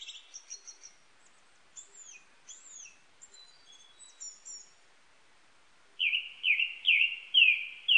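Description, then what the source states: Japanese thrush song: high thin twittering phrases at first, then a loud series of five repeated whistled notes at the end. Recorded 19 April 1998.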